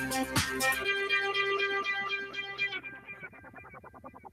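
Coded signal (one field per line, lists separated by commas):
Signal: none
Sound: guitar music notes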